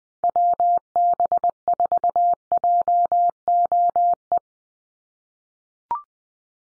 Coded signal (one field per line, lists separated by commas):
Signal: Morse code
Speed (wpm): 20 wpm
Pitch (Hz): 700 Hz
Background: none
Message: WB4JOE